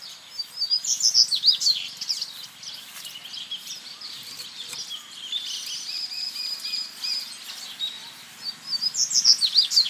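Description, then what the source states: Seedeater, a rapid high chattering phrase at the start and another near the end, separated by a constant wash of other birds' chirping. Recorded at El Aromito, Federación, on 8 January 2013 at 19:41.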